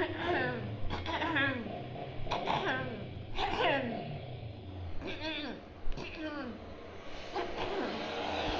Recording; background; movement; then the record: throat clearing; traffic; sitting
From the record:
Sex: female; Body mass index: 18.3 kg/m2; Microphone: on the chest, facing outward